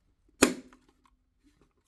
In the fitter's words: that one clicked but I'm still Loosey Goosey push on the outside until it clicks